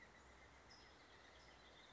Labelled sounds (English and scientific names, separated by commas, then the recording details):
California Towhee (Melozone crissalis)
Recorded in Sonoma County, California